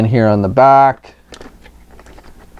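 Someone talks briefly, then a plastic leg piece is handled against its socket on the back of a 6-inch-scale Justice League Movie Knightcrawler toy vehicle, making faint plastic taps and rattles. The part has not seated or clicked into place yet.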